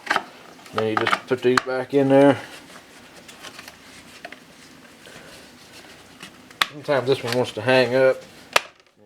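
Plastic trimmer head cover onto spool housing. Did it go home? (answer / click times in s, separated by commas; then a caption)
yes / 8.6 s. A plastic cover on a PT104 string trimmer head is pushed back onto the spool housing during reassembly while someone talks. A faint handling rustle is followed by a sharp transient at 6.6 s, and the cover snaps into place at 8.6 s with a sharp plastic snap, seating despite its tendency to hang up.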